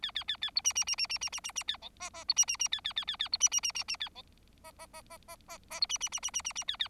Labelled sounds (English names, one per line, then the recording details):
Bengalese Finch song
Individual Bird4